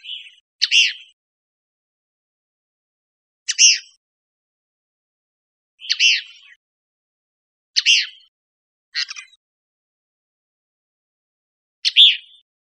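Cassin's kingbird calls, short harsh buzzy notes given singly or in quick pairs every two to three seconds, with silence in between.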